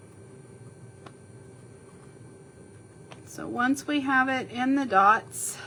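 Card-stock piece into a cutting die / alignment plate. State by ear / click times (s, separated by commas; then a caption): not seated / none. A card-stock piece is lined back up with the dots on a cutting die / alignment plate before being pressed into place, with only quiet shuffling and faint ticks around 1.1 s and 3.1 s. Someone talks from about 3.3 s onward. Nothing has seated or clicked yet.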